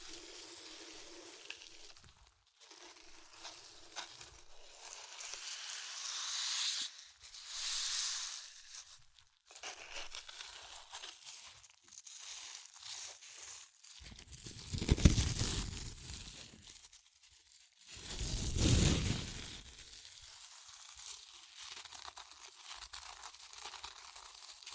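Crunchy chips are crushed and crinkled in a series of bursts, with bright crackling and rustling that rise and fall rather than staying steady. Louder, fuller crunches come around 7–8 seconds and again near 15 and 19 seconds, separated by quieter scratchy stretches.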